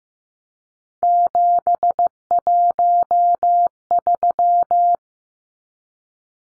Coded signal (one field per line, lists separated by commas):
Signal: Morse code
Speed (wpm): 15 wpm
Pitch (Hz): 700 Hz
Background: none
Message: 713